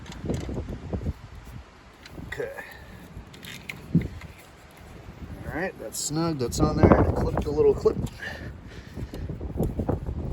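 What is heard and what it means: On a 2012 Toyota Camry 4-cylinder alternator, the terminal nut has just been snugged and the plastic terminal cover is being handled and pushed toward place at the alternator terminal. Someone talks over faint outdoor background noise with a few brief handling taps. The clip ends before the cover goes home, and nothing has seated or clicked yet.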